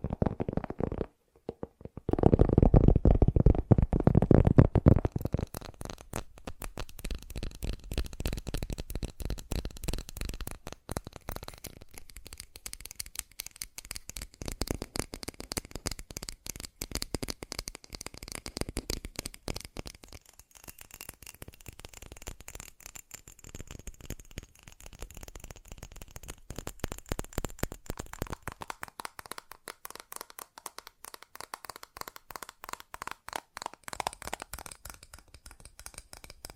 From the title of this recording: ASMR Fast Tapping